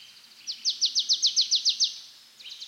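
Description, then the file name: Marsh tit calling: a quick run of about nine high, sharp downslurred notes evenly spaced, then a few fainter notes at the end. "Poecile palustris"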